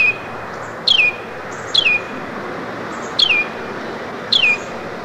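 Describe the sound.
Carolina wren calls: four sharp, high, downslurred notes about a second apart over a steady low hiss.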